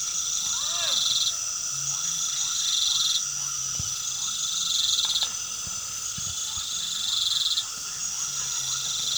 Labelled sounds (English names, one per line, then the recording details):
none
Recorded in pastures near Puerto Asís, Putumayo, Colombia, on 12 March 2025 at 20:30
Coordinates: 0.497, -76.327
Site G072